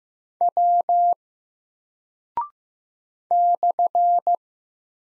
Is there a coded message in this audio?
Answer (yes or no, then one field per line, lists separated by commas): yes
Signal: Morse code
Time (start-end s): 0.4-4.3 s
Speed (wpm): 15 wpm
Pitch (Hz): 700 Hz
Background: none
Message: W /